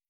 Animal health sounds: hydrophone in a shrimp aquaculture tank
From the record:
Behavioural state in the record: starved

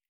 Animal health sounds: hydrophone in a shrimp aquaculture tank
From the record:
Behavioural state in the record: feeding

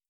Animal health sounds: hydrophone in a shrimp aquaculture tank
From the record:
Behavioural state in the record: starved

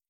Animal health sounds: hydrophone in a shrimp aquaculture tank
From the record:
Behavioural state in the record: feeding

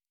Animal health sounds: hydrophone in a shrimp aquaculture tank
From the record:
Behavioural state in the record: normal

